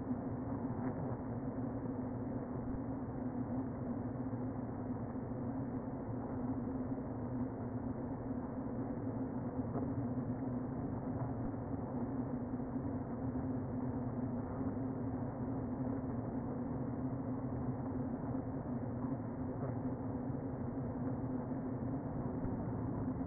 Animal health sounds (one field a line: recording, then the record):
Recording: honeybee colony, microphone inside the hive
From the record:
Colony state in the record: queen present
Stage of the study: before two queens were removed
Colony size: about 60,000 bees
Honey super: yes